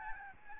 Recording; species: mosquito wingbeat signal from an infrared sensor; Aedes albopictus